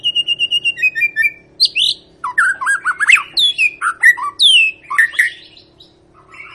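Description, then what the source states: White-rumped shama song: a rapid series of even repeated whistles, then loud varied slurs and upswept notes, with a faint steady hum below. Lure song (pancingan) meant to make birds sing; long, gacor-style singing.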